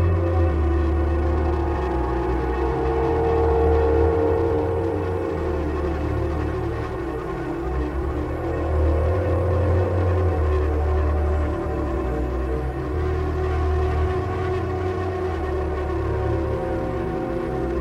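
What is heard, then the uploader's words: An ominous bass drone holds steady through the whole stretch, its deep low tones pulsing slightly in strength, with sustained midrange tones ringing above it like a held gong. Gritty distorted noise hisses across the top, thickening in brief swells but never stopping. Ominous Bass Drone Overdubbed With Distorted Noise Samples.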